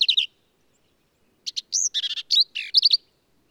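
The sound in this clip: Black-capped vireo singing a brisk phrase of scratchy notes and slurred whistled chips after a short pause, high-pitched and clear against silence.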